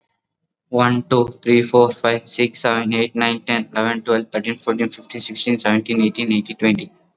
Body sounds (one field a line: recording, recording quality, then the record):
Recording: counting at a fast pace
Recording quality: excellent, no background noise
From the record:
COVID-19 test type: RT-PCR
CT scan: not taken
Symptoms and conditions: fever, muscle pain, another condition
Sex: male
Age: 18 years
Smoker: no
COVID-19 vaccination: both doses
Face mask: worn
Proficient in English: yes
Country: India